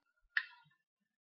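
A sensor cable plug for a Lego Mindstorm touch sensor is pushed into port one on the robot controller brick. It gives a sharp, bright click at 0.4 s that fades quickly, and the plug is seated, leaving the touch sensor ready.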